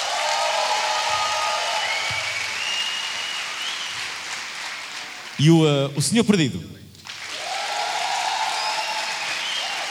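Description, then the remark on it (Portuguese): An audience claps steadily in a dense, sustained wash of applause, voting by applause in a tie-break for an award, which briefly drops out while a man asks a short question, then swells back up at a similar level. “A percepção que nós tivemos aqui foi que a senhora teve mais palmas.”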